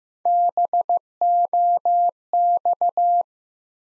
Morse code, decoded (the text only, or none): BOX